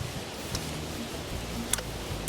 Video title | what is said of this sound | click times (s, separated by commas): Troy Bilt String Trimmer Review - GardenFork | This clicks out | 1.7 s